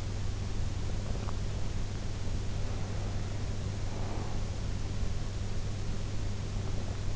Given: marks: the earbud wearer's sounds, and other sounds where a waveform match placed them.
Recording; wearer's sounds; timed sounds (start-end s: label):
sounds in sleep by an in-ear microphone; breath
3.67-4.95 s: breath